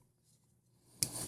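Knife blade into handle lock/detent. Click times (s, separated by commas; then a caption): 1.0 s. The blade of a Yan Knives Chevron folding knife is swung into its handle lock/detent after the pivot has been loosened, to check the blade action. After about a second of faint low-level rustle, the blade clicks into place with a sharp, bright snap at 1.0 s, followed by a short high-pitched tail. The blade locks up still very solid.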